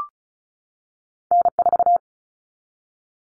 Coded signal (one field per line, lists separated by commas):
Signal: Morse code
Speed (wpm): 34 wpm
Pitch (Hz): 700 Hz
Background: none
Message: N4